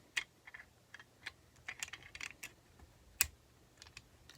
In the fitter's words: clicks back into place just like that